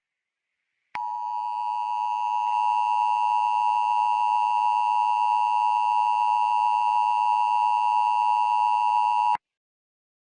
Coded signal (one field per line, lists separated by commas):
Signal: Emergency Alert System (SAME) tones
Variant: 853 and 960 Hz attention tone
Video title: [SNEAKPEAK!!] EAS Scenario 9 - Alien Invasion!